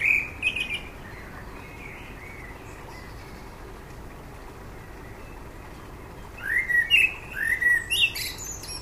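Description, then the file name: Common blackbird song: brief warbled whistled phrases near the start, then a quiet gap and a second burst of fluty notes ending in high twitters; faint background hiss. "Turdus merula"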